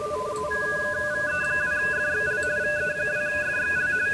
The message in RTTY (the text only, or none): VE2FXL VE2FXL